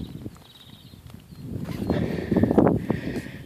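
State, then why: Not seated. Electrical pliers push a small barbed drip-irrigation fitting into a punched hole in flexible poly tubing. A quiet start gives way to louder handling and rubbing noises with a few short, sharp ticks between about 1.9 and 2.6 seconds. The fitting has not seated or snapped in, and this first attempt fails.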